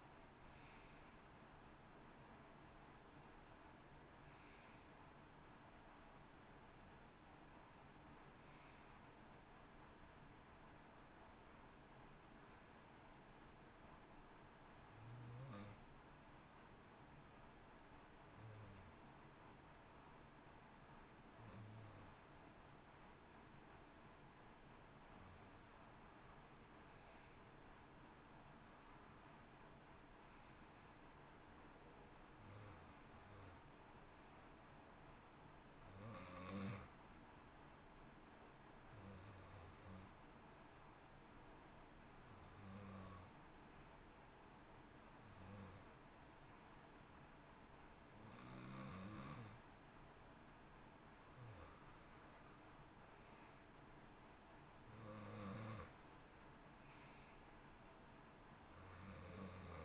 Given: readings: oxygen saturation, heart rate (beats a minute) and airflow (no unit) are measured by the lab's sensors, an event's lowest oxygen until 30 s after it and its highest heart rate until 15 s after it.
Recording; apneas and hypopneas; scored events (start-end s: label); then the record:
breathing in sleep by a voice recorder at the bedside; 2
11.00-22.30 s: hypopnea (N1, oxygen 93% highest, then 89% lowest, heart rate 63 at the start, 65 highest)
33.00-53.20 s: hypopnea (N1, oxygen 92% highest, then 86% lowest, heart rate 65 at the start, 65 highest)
52.00-59.85 s: new sleep stage, N2 (light sleep)
From the record:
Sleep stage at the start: N1 (lightest sleep); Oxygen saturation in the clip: 89 to 93%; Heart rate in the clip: 59 to 65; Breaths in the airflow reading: 16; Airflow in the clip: -9.0 to 11.2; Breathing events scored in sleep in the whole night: 328 in 6.3 hours asleep